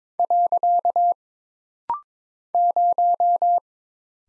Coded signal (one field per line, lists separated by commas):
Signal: Morse code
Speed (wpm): 22 wpm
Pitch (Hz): 700 Hz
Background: none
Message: . 0